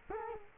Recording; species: mosquito wingbeat signal from an infrared sensor; Culex quinquefasciatus